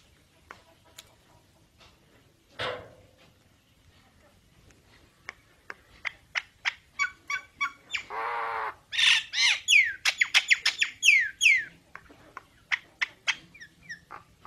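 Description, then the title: Nias hill myna song: scattered clicks and a harsh burst, then sharp notes, a buzzy rasp, and a rapid run of bright downslurred whistles. Nias hill myna described as singing often and very loudly, in a training recording made for songbirds to learn from. "Burung Jalak Nias Gacor Suara Super Gledek Untuk Masteran"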